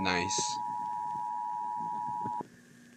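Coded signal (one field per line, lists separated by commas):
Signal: Emergency Alert System (SAME) tones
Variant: 853 and 960 Hz attention tone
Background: speech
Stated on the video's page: Fictional EAS scenario tones.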